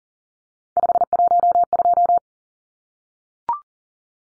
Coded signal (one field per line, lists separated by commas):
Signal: Morse code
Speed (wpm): 40 wpm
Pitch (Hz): 700 Hz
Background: none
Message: 512